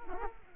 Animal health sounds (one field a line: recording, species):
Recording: mosquito wingbeat signal from an infrared sensor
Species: Culex quinquefasciatus